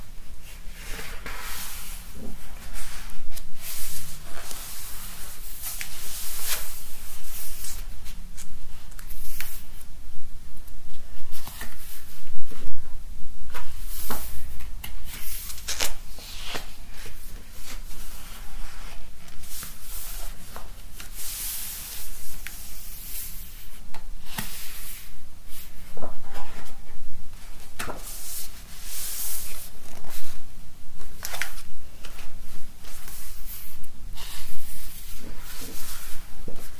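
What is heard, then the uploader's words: Pages are flipped, rubbed and tapped. Dry papery rustles and soft taps come in irregular bursts every second or two, with brighter swishes of turning pages, for the whole stretch. Between them sits a low, faint hum. This episode features an ASMR flip-through of a coffee-table book on living in Japan, with ASMR page-tapping, page-rubbing/flattening & page-flipping. Silently flipping through the pages of the book.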